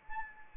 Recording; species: mosquito wingbeat signal from an infrared sensor; Anopheles arabiensis